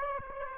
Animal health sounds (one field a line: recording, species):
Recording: mosquito wingbeat signal from an infrared sensor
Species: Aedes aegypti